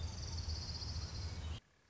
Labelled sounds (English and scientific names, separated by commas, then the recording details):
Orange-crowned Warbler (Leiothlypis celata)
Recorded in Sonoma County, California